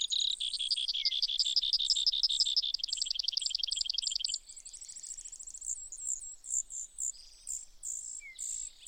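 Brewer's sparrow giving a long, lively trill of rapid high notes for about four seconds, followed by quieter, irregular warbled phrases.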